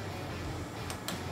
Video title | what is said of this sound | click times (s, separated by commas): How To Depin a Horn Automotive Electrical Connector, Pigtail, Plug with Y11A1 | you heard the terminal when it clicked into place and then as well the lock did | 1.1 s